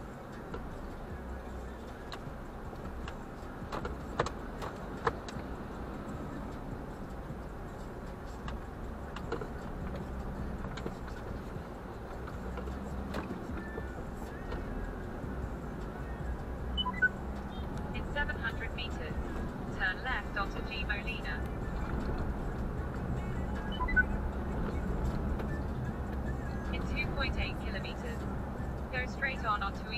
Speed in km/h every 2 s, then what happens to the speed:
6, 7, 13, 12, 14, 16, 13, 17, 23, 27, 36, 42, 45, 47, 50.
0-9 speeds up to 16. 13-30 speeds up to 50.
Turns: 7-11.